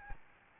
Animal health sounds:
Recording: mosquito wingbeat signal from an infrared sensor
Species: Aedes albopictus

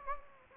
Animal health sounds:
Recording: mosquito wingbeat signal from an infrared sensor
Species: Anopheles gambiae

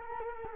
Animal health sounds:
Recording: mosquito wingbeat signal from an infrared sensor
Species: Culex quinquefasciatus

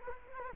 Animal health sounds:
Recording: mosquito wingbeat signal from an infrared sensor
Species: Culex quinquefasciatus

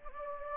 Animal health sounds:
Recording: mosquito wingbeat signal from an infrared sensor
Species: Anopheles gambiae

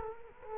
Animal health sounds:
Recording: mosquito wingbeat signal from an infrared sensor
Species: Culex quinquefasciatus

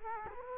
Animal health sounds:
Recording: mosquito wingbeat signal from an infrared sensor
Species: Culex quinquefasciatus

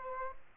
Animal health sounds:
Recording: mosquito wingbeat signal from an infrared sensor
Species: Aedes aegypti

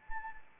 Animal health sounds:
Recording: mosquito wingbeat signal from an infrared sensor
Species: Anopheles arabiensis

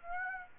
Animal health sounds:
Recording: mosquito wingbeat signal from an infrared sensor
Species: Aedes aegypti

